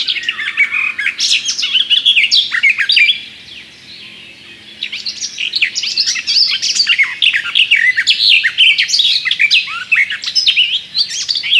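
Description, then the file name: Garden warbler singing a fast, rich warble of jumbled chirps and slurs, pausing briefly early on before the song resumes and runs to the end. "Gajówka"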